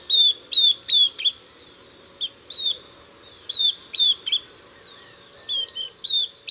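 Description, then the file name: Southern beardless tyrannulet giving short, clear, slightly descending whistled notes in loose bursts. "Camptostoma obsoletum - Southern Beardless Tyrannulet"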